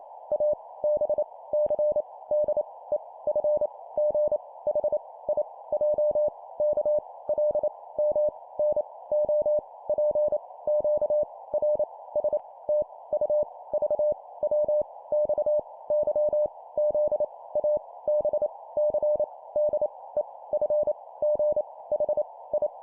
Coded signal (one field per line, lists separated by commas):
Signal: Morse code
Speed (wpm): 28 wpm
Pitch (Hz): 600 Hz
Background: none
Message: A B C D E F G H I J K L M N O P Q R S T U V W X Y Z A B C D E F G H I